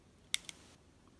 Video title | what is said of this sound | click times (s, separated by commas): The Stationery Selection May 2019 | did you hear that hopefully you heard it so you just have to kind of make sure that it's nice and secure so | 0.3 s